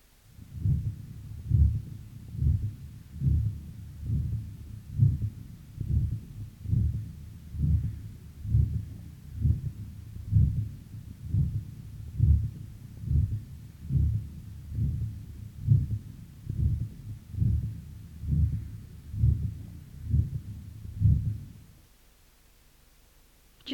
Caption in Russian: Систолический шум в третьей точке аускультации у здорового молодого пациента с вегетососудистой дистонией. Самостоятельный систолический шум на легочной артерии выслушивается редко, При этом, чаще всего, он является функциональным, так как связан с несоответствием объемной скорости кровотока и просвета этого сосуда.